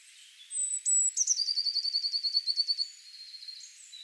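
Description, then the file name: Eurasian blue tit song: two thin, very high drawn-out notes followed by a fast, even trill of many repeated notes lasting under two seconds. "Cyanistes caeruleus"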